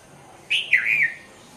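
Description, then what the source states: Red-vented bulbul song: one brisk, liquid phrase of slurred whistled notes, dipping and rising, lasting about half a second, against a quiet background. Red-vented bulbul's "ginger beer" song.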